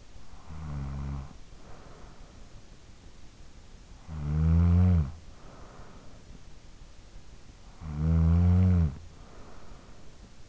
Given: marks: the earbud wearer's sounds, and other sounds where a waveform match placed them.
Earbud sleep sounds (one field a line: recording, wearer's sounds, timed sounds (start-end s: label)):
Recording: sounds in sleep by an in-ear microphone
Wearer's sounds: snoring breath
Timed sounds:
0.00-2.80 s: snoring breath
3.69-6.70 s: snoring breath
7.47-10.49 s: snoring breath